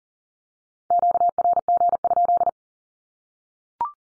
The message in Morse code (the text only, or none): QRG?